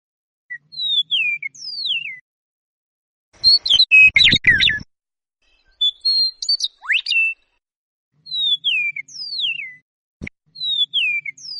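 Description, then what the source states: Eastern Meadowlark singing: slurred whistled phrases sliding downward, interrupted by a harsh chattering burst and quick jumbled notes, with the whistled phrases returning at the end. Song includes a metallic trill, likened to a robot.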